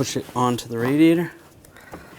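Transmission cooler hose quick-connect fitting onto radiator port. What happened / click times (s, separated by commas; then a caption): The hose fitting is being handled but has not clicked home yet / none. Someone talks while the plastic quick-connect fitting of a transmission cooler hose on a 2009-2017 Volkswagen Tiguan is being pushed onto the radiator port. After the speech, only quiet handling noise remains, with two faint ticks around 1.6-1.8 s. Nothing has seated or clicked yet.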